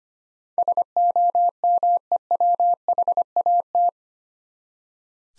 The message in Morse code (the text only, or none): SOMEWHAT